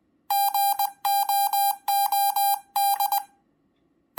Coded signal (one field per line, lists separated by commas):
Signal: Morse code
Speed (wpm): 20 wpm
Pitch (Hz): 800 Hz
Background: none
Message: GOOD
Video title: Morse Code Ultra-Miniature Precision Paddle by Peter GM0EUL